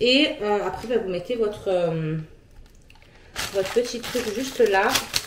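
A plastic part, possibly the tip or reservoir, is being handled and pushed toward the plastic body of an oral irrigator (water flosser) during assembly. Someone talks at the start and end, with faint, quiet handling ticks in the pause around 2.7–3.0 s. Nothing has seated or clicked yet; the part is not yet home.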